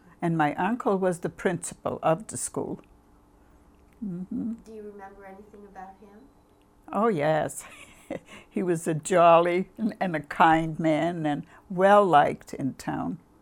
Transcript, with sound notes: And my uncle was the principal of the school.
Do you remember anything about him? (she laughs)
He was a jolly, and a kind man, and well liked in town.